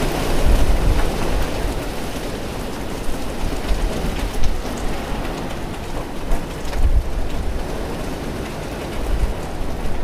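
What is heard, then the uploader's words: Heavy rain pours down steadily, a dense hiss of drops filling the whole ten seconds without letup. Low rumbles swell underneath at a few points, near the start, around seven seconds and again near nine, like thunder rolling beneath the downpour. Soothing Nighttime Rainstorm. Enjoy the heavy rain and thunder!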